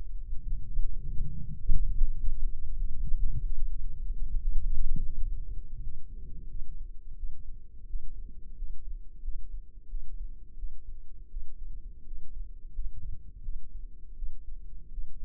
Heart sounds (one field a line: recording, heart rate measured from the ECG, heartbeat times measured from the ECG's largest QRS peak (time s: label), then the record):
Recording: heart sounds by microphone in the left ear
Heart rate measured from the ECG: 87 bpm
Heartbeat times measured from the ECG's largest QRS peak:
0.44 s: heartbeat
1.10 s: heartbeat
1.71 s: heartbeat
2.30 s: heartbeat
2.91 s: heartbeat
3.57 s: heartbeat
4.40 s: heartbeat
5.14 s: heartbeat
5.81 s: heartbeat
6.48 s: heartbeat
7.16 s: heartbeat
7.86 s: heartbeat
8.56 s: heartbeat
9.22 s: heartbeat
9.88 s: heartbeat
10.56 s: heartbeat
11.29 s: heartbeat
12.04 s: heartbeat
12.73 s: heartbeat
13.42 s: heartbeat
14.15 s: heartbeat
14.90 s: heartbeat
From the record:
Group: healthy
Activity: rest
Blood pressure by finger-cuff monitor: 129/92 mmHg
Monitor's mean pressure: 103 mmHg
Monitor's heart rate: 89 bpm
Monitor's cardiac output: 6.3 L/min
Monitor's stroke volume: 70 mL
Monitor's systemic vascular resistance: 1230 dyn s/cm5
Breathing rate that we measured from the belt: 17 breaths a minute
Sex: male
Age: 21 years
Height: 180 cm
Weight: 67.5 kg